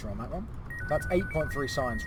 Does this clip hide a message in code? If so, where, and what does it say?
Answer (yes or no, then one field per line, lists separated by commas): no